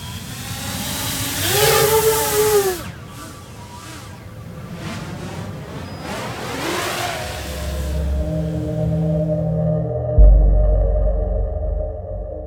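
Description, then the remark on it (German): A small, light, compact training drone, a model of the kind actually used in deployment, takes off slowly, its motor whining and buzzing, sweeping upward in pitch as it speeds up, then thinning out and fading, before a low, steady droning hum takes over. “Leicht und kompakt, dann hebt sie ab. Erst ganz langsam, dann beschleunigt sie, bis sie fast gar nicht mehr zu hören ist.”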